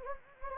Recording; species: mosquito wingbeat signal from an infrared sensor; Anopheles gambiae